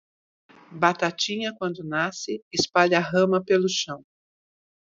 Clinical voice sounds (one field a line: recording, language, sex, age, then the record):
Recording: short text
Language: Brazilian Portuguese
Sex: female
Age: 50 to 59 years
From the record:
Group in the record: control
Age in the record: 59 years